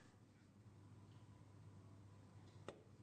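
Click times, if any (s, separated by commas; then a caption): 2.7 s. A loose gemstone is pressed by hand into a sterling silver snap-in earring setting. A single sharp snap is heard at 2.7 s against a quiet background, and the gemstone clicks into place.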